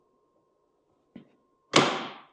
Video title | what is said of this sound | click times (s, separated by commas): KLEIN MOD BOX VERSION 2 IS IT WORTH IT??? | locks into place, and then you can put your lock in there if you want to. | 1.8 s